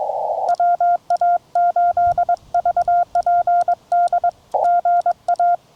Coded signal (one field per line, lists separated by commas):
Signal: Morse code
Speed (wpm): 21 wpm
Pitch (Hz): 700 Hz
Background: none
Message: WA8VPD GA